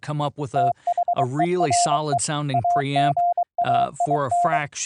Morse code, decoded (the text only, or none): THERE AGAIN